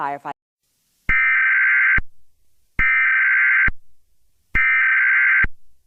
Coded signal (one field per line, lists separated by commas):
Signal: Emergency Alert System (SAME) tones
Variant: header bursts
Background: speech